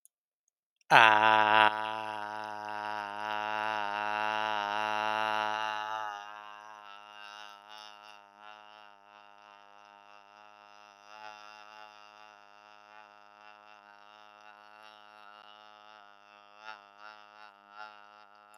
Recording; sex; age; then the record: vowel held as long as possible; male; 30 to 39 years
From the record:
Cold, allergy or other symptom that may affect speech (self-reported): no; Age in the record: 31 years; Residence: Arkansas, United States